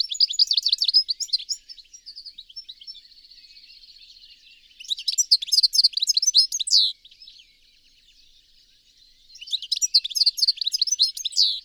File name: Carduelis carduelis